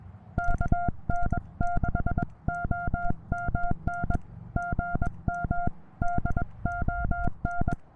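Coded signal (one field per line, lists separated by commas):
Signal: Morse code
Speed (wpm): 21 wpm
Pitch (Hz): 1400 Hz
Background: none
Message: KN6OMN GM DON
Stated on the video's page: Morse sent on an American Morse Mini-B paddle into a Penntek TR-35 transceiver with a BeeTenna VHF antenna during a Summits on the Air activation on a mountaintop.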